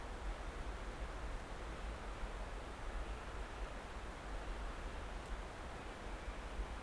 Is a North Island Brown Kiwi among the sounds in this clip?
no